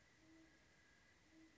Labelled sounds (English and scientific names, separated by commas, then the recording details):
Great Horned Owl (Bubo virginianus)
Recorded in Sonoma County, California